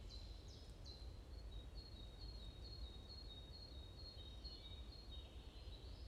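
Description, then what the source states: Bird chirps: a few sharp high notes, then a long string of thin, even high notes, over a constant low background rumble. Morning birds chirping in a forest at Bosvoorde, Watermaal-Bosvoorde, Brussels, Belgium; described as peaceful ('rust'); recorded with an AMBE VR microphone.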